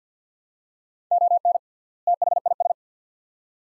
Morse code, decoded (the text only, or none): ON THIS